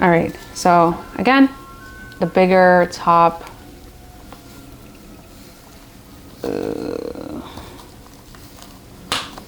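Someone talks while a handmade charm's backing is pushed, wide part on top, into one of the larger holes of a foam clog. At 9.1 s the charm seats with a sharp, satisfying click, but part of the charm then comes off.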